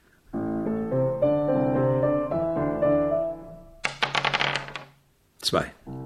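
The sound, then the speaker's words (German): Dice clatter in a quick burst of sharp, rattling clicks after a stretch of steady melodic tones, followed by a brief sliding, whistle-like sound. “Bestimmt haben Sie woanders mehr Glück beim Würfeln.”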